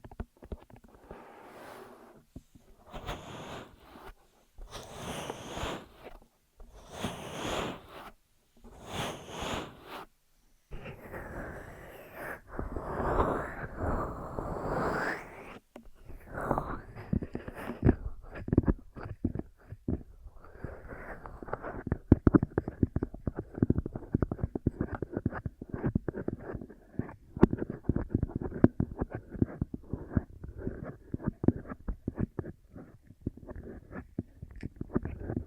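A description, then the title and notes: Ear massage and cleaning: bright rubbing bursts at first, then dense low scratching and crackling rubs continuing steadily to the end. ASMR 3Dio FS Pro II Mic Test Ear Massage, Cleaning etc (No Talking).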